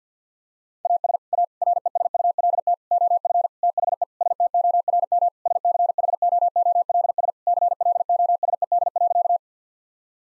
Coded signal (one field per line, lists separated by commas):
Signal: Morse code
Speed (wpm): 50 wpm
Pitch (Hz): 700 Hz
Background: none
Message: AS A RESULT OF THE STORM SCHOOLS CLOSED.